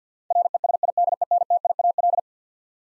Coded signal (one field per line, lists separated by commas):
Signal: Morse code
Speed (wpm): 50 wpm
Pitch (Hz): 700 Hz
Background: none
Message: RESIDENTIAL